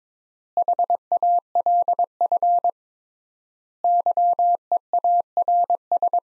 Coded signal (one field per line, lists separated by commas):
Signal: Morse code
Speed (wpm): 22 wpm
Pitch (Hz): 700 Hz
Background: none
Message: HALF YEARS